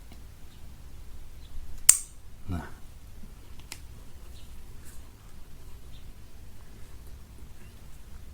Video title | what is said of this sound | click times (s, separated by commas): Quick Review Ulanzi Quick Release System - Motovlog Pemula - | sudah bunyi klik nah | 1.9 s